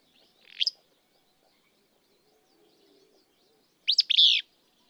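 Willow flycatcher gives a single sharp note, then after a pause a buzzy song phrase of a few clipped notes.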